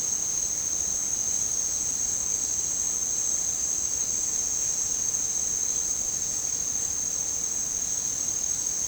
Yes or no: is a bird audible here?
no